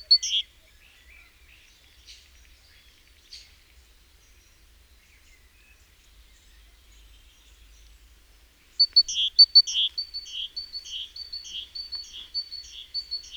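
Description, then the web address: Great tit: a high note and a buzz at first, a long near-silent stretch, then a fast run of high sharp notes and buzzy rasps repeated. "SETE Parus major"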